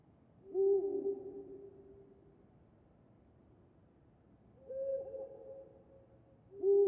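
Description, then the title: Eurasian eagle-owl hooting, a low hoot followed after about four seconds by another, then a third starting, with quiet hiss between. At night in a forest. "Филин в ночном лесу (звук)"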